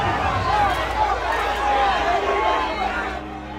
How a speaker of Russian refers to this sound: с родителями пробирается через толпу к такси.